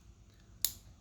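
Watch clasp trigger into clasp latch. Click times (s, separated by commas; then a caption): 0.6 s. The metal trigger of a Pagani Design PD-1661 'Kermit' automatic 40 mm homage watch's bracelet clasp is pressed closed so it notches onto the small latch. After a quiet stretch, a single sharp, bright metallic click sounds at 0.6 s as the trigger seats into place.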